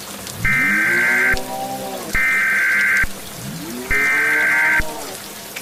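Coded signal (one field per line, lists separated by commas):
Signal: Emergency Alert System (SAME) tones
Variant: header bursts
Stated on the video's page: Fictional EAS scenario, a cleaner remake of an earlier version.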